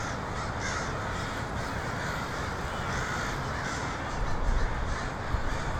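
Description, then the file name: A flock of crows keeps up harsh cawing throughout, with a brief louder low-pitched rumble near the end. Multiple crows recorded in Portland (PDX) on 23 October 2018. "pdx crows 2018-10-23"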